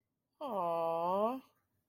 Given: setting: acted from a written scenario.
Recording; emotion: vocal sound without words; adoration